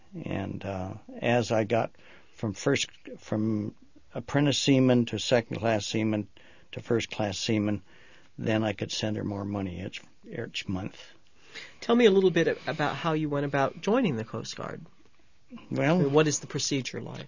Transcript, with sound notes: And ah, as I got from apprentice seaman to second class seaman to first class seaman, then I could send her more money each month. (breathes deeply)
Tell me a little bit about how you went about joining the Coast Guard. What is the procedure like?